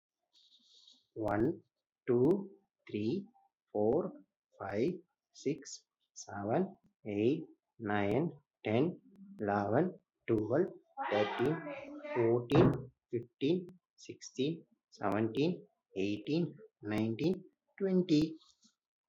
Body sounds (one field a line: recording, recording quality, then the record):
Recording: counting at a normal pace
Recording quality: excellent, no background noise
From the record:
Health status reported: exposed to COVID-19, no respiratory illness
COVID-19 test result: not tested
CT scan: not taken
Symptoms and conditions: none ticked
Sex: male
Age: 25 years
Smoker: no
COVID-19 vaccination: both doses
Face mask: worn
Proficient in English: yes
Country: India